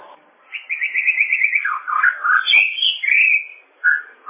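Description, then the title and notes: Bird song opening with a quick rattling trill, then sliding into looping whistled warbles and ending on a single short whistle. "Bird Sound. Kicau Burung Lengkap"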